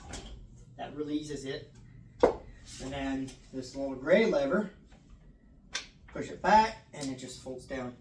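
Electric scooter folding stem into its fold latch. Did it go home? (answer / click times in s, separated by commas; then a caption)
no / none. Someone talks while handling the folding stem of an I-Scooter IX5S electric scooter, pulling a release back and pushing a little gray lever back so the handlebar stem folds down toward its fold latch. A brief sharp sound rises at about 2.2 seconds and another at about 5.8 seconds amid the talk. The stem has not yet clicked into its latch; nothing has seated by the end of the clip.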